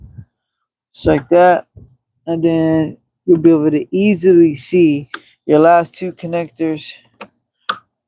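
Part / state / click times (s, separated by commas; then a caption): engine bay wiring connectors onto their mating plugs / seated / 7.2 s, 7.7 s. Someone talks while the last two electrical wiring connectors in the engine bay of a 2002 Chevy Malibu are pushed onto their mating plugs during a radiator and thermostat replacement. Two sharp clicks follow at 7.2 s and 7.7 s, one for each connector, as both snap into place and seat.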